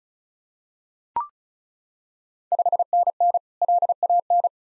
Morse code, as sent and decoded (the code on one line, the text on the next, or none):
..... -. -. / .-.. .- -.
5NN LAN